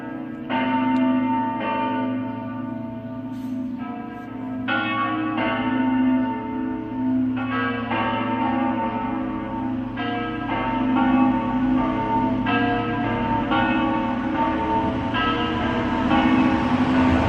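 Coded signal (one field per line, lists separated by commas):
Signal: bell signal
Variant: Friulian battiore and dopli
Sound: large church bells ringing repeatedly, overlapping strikes with long ringing hum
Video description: Battiore sul campanone e dopli con le tre maggiori delle 17:30 per la Messa festiva delle 18:00.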